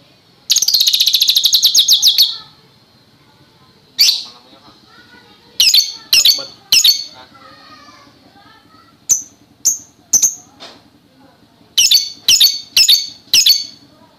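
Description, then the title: Oriental magpie-robin song: a long rapid rattling trill of high notes, then scattered loud, sharp, ringing single notes in small clusters, with a faint low hum underneath. "Kicau Kacer"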